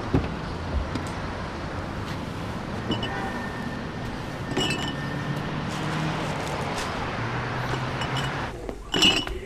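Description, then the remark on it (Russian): Glass beer bottles clink and rattle together as a crate of beer is unloaded onto a shop counter, with scattered bright chinks over a steady low rumble and a final cluster of clinks. “Он выгрузил на стойку в магазине ящик с пивом.”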